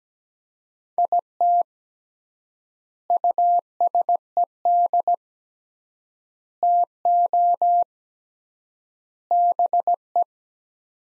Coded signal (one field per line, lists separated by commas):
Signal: Morse code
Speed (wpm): 17 wpm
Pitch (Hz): 700 Hz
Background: none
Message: IT USED TO BE